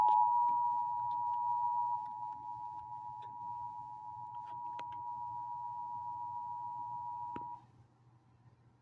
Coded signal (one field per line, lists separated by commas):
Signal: Emergency Alert System (SAME) tones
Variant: 853 and 960 Hz attention tone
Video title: SVR on ERN/CRTV (EAS #16) #eas #noaa #storm #ern #weather